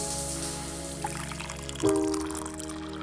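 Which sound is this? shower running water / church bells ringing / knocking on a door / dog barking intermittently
shower running water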